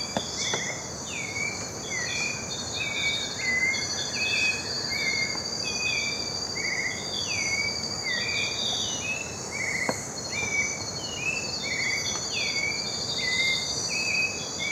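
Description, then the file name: White-necked thrush calls: quick curved whistled notes given in a long irregular series, with a dense insect drone running steadily underneath. "Turdus albicollis - White-necked Thrush"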